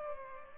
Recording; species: mosquito wingbeat signal from an infrared sensor; Culex pipiens